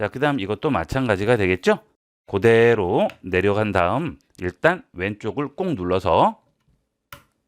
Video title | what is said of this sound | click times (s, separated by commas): 컴퓨터 윈도우11 설치하는 방법 _PC 조립하는 전체 과정을 영상으로 알기쉽게 알려드립니다 | 딸깍 소리 나면 그 다음 오른쪽을 딸깍 소리 날 때까지 | 7.1 s